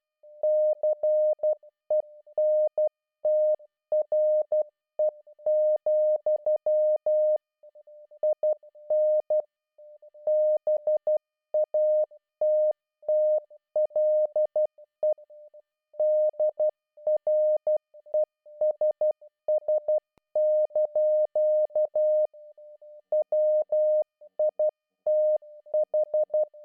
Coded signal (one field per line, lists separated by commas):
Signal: Morse code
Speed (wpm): 12 wpm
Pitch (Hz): 610 Hz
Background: music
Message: CENTRE, IN BATTLE DRESS) WITH